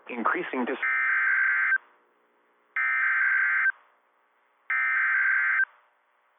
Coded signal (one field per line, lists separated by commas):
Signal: Emergency Alert System (SAME) tones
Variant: header bursts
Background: speech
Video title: IND's FEBRUARY ENH - EAS Alerts from 2/19/26 (EAS #674 - #688)